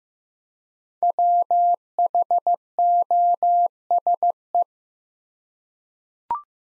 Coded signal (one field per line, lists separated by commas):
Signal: Morse code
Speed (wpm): 15 wpm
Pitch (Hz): 700 Hz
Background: none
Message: WHOSE